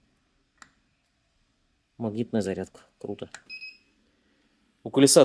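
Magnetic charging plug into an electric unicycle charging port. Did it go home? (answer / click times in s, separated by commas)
yes / 0.6 s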